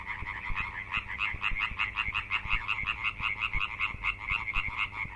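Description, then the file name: European tree frog calls: rapid series of harsh, nasal pulses in a steady run. "Hyla arborea"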